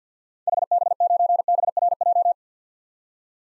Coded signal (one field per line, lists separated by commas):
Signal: Morse code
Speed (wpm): 50 wpm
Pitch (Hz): 700 Hz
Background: none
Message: HB9BRJ